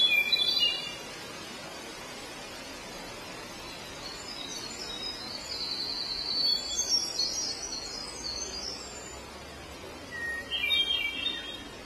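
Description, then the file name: Hermit thrush song: clear whistled phrases rising into higher shimmering notes, one at the start, a faint one midway and another near the end, with soft background noise. "Catharus guttatus"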